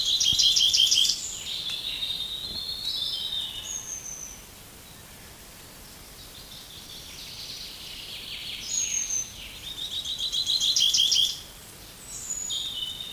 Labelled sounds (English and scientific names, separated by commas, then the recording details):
Common Chaffinch (Fringilla coelebs)
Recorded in the wild
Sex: male
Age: adult
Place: Mühlenbecker See, Brandenburg, DE
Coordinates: 52.6897, 13.395
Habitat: lake
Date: 1983-07-02 12:05
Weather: sunny, 16-20 °C
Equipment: Nagra SN, Kopie Uher 4000 Monitor Report
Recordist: Tembrock, Günter